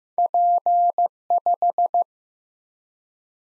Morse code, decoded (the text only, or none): P5